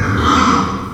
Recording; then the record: squeal of a Yucatan mini pig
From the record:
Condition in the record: after surgery on the right vocal fold (resection and tissue-engineered implant); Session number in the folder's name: 15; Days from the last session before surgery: 175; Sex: female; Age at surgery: 19 weeks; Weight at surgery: 25 kg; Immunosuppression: prednisolone